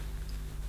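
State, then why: Not seated. The front replaceable insert of a Sebo Airbelt C3 power canister vacuum cleaner's power nozzle is pushed firmly into position, and it goes fully home without a click. Only a steady low hum is heard, with a faint brief high tone near 0.3 s. Nothing has clicked.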